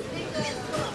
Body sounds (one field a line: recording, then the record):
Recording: coughing mixed with background sound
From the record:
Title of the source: Dry Coughing Fit in the Afternoon.